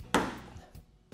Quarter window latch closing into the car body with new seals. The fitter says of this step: pulling the latch closed on the inside and we get the latch to pop into place.